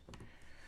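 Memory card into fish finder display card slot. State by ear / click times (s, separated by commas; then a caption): seated / 0.1 s. A microSD card is slid into the card slot on the side of a fish finder display for a software update and pushed until it latches. It seats with a faint tick at 0.1 s.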